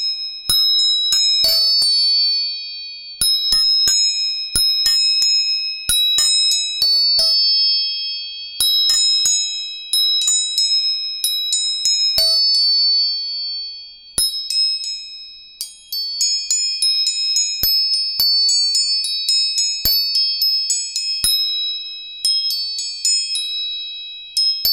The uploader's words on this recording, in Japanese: 音叉チューニング全体性。